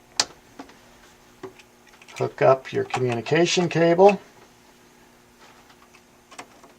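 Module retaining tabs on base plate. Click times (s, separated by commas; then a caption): 0.2 s. Two plastic retaining tabs holding a CPU module on its base plate are pushed in, giving a sharp click at 0.2 s as the module seats. A few faint ticks follow, then someone talks briefly before more faint ticks near the end.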